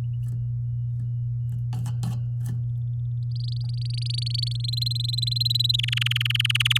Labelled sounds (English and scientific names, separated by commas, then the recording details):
Domestic Canary (Serinus canaria) song
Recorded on 8 May 2018 at 14:20
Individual llb16